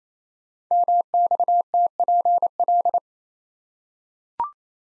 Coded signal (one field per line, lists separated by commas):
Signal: Morse code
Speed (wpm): 29 wpm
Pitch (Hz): 700 Hz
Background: none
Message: MXTPL